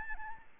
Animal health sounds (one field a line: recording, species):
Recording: mosquito wingbeat signal from an infrared sensor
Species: Aedes albopictus